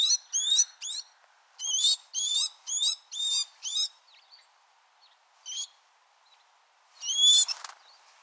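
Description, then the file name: Great tit calls, a run of short high upswept notes in quick clusters, then a pause and two more widely spaced notes. "Parus major"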